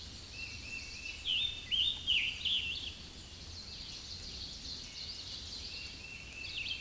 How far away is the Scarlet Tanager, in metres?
about 25 m